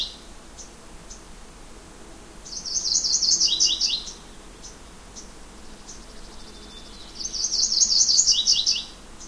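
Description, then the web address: Yellow-rumped warbler song: two bright, rapid trills of high notes, each ending a little lower, separated by about three seconds of near silence. "Know Your Bird Sounds Common Western Species. Yellow-rumped Warbler"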